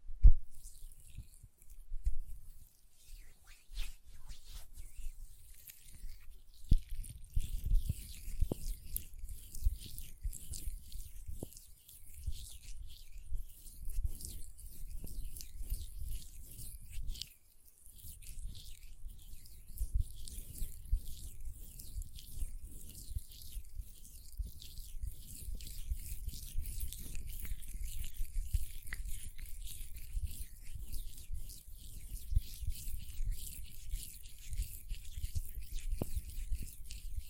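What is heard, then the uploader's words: Lotion being rubbed between hands makes a steady run of wet, crackly squishing with fine sticky clicks throughout. Soft low thumps of palms pressing come and go underneath. The rubbing pauses briefly around the middle, then resumes slightly denser to the end. Hand Sounds, Nail Tapping and Lotion Sounds.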